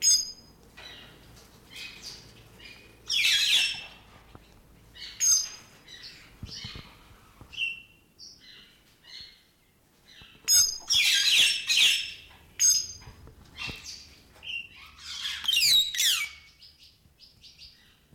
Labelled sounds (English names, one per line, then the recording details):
White-headed Buffalo-Weaver
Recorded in captivity
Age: adult
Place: Zoo Berlin, Berlin, DE
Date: 1992-04-04 10:15
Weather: bedeckt, 5-8°C
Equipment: Nagra SN, Mikrofon AKG CK 8, Kopie Tesla B 116
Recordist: Tembrock, Günter